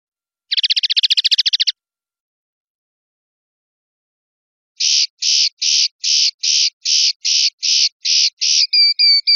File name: suara burung chardonneret atau goldfinch eropa om kicau